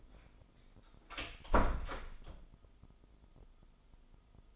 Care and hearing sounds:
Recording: daily activity, microphone in the room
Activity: close door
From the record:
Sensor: 5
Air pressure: 996.3 hPa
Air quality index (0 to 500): 30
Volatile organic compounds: 1 ppm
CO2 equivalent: 548 ppm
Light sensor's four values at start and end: 43/101/42/44 and 43/102/42/44

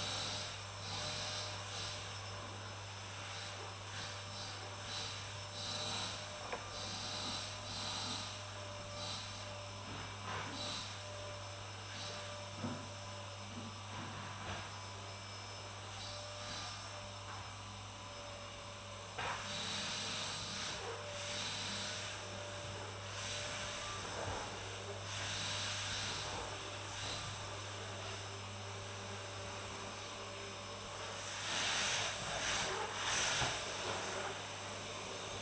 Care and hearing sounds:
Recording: daily activity, microphone in the room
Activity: vacuum cleaning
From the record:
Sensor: 2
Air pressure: 999.9 hPa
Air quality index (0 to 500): 127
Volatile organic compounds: 2 ppm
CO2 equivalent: 1091 ppm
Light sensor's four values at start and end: 28/71/30/33 and 28/70/30/33

